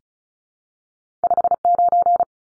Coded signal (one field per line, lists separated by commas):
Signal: Morse code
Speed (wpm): 34 wpm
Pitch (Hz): 700 Hz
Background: none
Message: 59